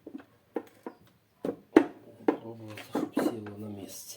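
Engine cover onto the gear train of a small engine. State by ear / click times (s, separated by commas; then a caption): not seated / none. An engine cover is being carefully lined up onto the gear train of a small walk-behind tiller/cultivator engine so all the gear teeth mesh, with short knocks and handling sounds at about 0.1, 0.6, 0.9, 1.8 and 2.3 s while someone talks. The cover is only being positioned before tapping it down, and nothing has seated or clicked into place yet.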